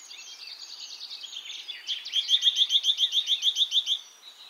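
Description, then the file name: Great tit delivering a rapid, even series of sharp high notes for about two seconds after a spell of softer twittering. "Parus major"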